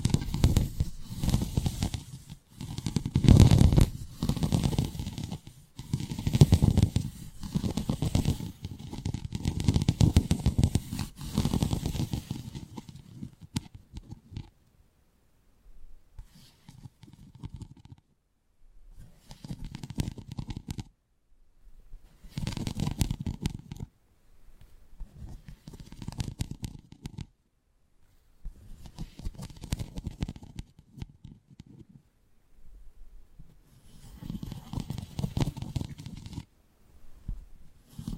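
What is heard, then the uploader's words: Picking and rubbing sounds on the ears, heavy and muffled in the low end with soft scratchy detail above. The first twelve seconds are dense and continuous; after that the sound comes in short bursts of a few seconds, separated by near-silent pauses. 3D panoramic ear picking with various props.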